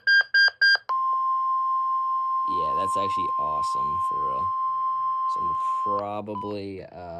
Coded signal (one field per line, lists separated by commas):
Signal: Emergency Alert System (SAME) tones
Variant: 1050 Hz attention tone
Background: speech